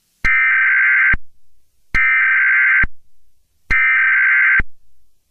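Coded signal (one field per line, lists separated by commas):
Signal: Emergency Alert System (SAME) tones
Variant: header bursts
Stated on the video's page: Fictional EAS scenario about World War 3, not a real alert.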